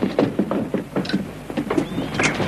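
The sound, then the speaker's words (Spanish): A woman opens a front door with a run of quick wooden clacks and latch rattles, a thin squeak briefly rising partway through, all at a moderate, steady level. “Él cena indiferente mientras ella abre.”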